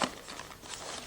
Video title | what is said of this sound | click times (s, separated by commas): Miller Face Shield PAPR Review 288356 | Just press that till it clicks, and it's drawing air up through here, so it's going to come through the | 0.0 s